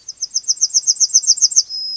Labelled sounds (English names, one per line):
Yellowhammer song